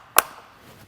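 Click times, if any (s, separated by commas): 0.2 s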